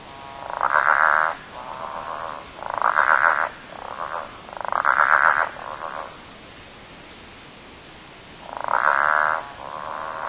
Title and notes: 8.35pm on 23rd November 2008 Lily Lake Southen Bell frogs (Litoria raniformis) calling